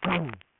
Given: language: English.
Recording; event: throat vibration sensor signal played as sound; throat clearing